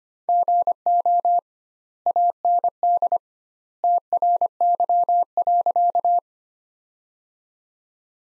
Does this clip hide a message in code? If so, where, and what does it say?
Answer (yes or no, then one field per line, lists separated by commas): yes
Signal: Morse code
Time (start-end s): 0.3-6.2 s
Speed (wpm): 25 wpm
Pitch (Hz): 700 Hz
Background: none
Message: GO AND TRY.